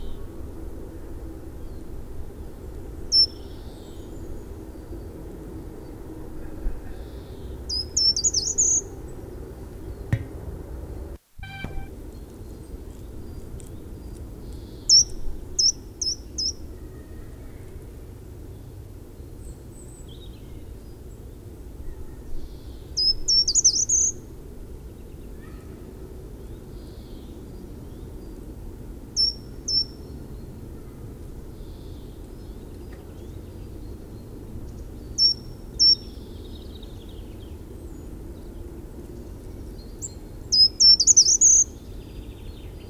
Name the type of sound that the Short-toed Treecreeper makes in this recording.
song